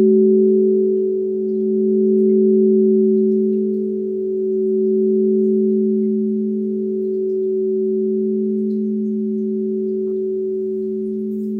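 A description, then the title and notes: A sustained singing-bowl tone from a sound bath hums steadily for the whole stretch, two clear pitches in the low middle ringing together without a break. Its loudness swells and eases gently in slow waves every few seconds, with nothing else intruding. 30 Minute Sound Bath.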